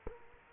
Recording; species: mosquito wingbeat signal from an infrared sensor; Culex quinquefasciatus